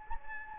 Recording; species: mosquito wingbeat signal from an infrared sensor; Anopheles gambiae